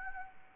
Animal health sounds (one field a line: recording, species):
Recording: mosquito wingbeat signal from an infrared sensor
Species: Anopheles gambiae